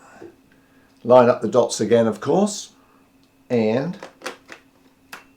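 Someone talks as a Fuji 70-300 lens fitted with a 1.4x teleconverter is lined up by the dots on the camera body mount and twisted on, with a few small handling ticks near 4.3 and 4.5 seconds. A sharp click at 5.1 seconds marks the lens assembly locking onto the camera body.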